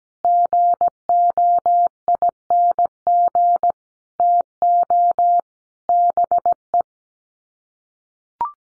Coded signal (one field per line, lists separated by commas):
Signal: Morse code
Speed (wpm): 17 wpm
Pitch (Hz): 700 Hz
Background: none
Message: GOING TO BE